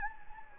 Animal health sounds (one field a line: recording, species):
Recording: mosquito wingbeat signal from an infrared sensor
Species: Anopheles gambiae